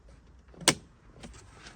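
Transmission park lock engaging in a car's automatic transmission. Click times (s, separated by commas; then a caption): 0.7 s. A red release button is pressed on the manual override of a BMW electronic shifter after the Allen key has been removed, and the automatic transmission's park lock snaps back into park. One sharp click is heard at 0.7 s, with a fainter tick around 1.2 s. The park lock is engaged.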